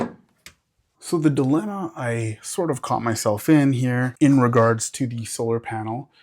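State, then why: Seated. A motorized Kincmo smart shade headrail is pushed up into two mounting clips already installed in a window track, and a sharp snap at 0.5 s marks it seating in place. After a short pause, someone talks.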